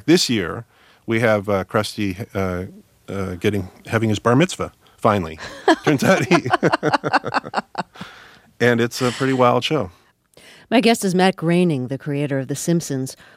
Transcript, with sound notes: In fact, this year we have Krusty having his bar mitzvah finally. Turns out he... (Soundbite of laughter) And it's a pretty wild show.
My guest is Matt Groening, creator of "The Simpsons."